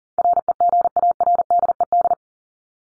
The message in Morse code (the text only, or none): REGARDED